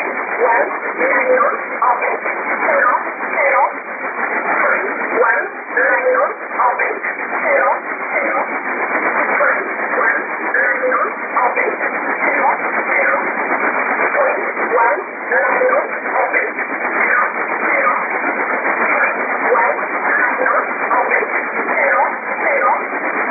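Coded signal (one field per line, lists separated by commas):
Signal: numbers station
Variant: E11 Oblique, English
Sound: a voice on shortwave reading continuously through narrow, muffled single-sideband audio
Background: radio static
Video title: 09 12 2017 Numbers station E11 Oblique in English to Eu 0805 on 7377 unknown tx site in USB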